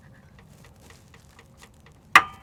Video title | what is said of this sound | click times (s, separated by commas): 1996 - 2000 GM OBS 4WD K Truck Vortec V8 5.0L / 5.7L Oil Cooler Line Leak Repair (Chevy & GMC) | there it goes nice heard it pop | 2.2 s